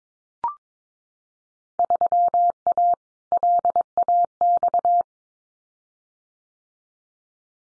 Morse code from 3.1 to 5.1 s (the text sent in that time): LAX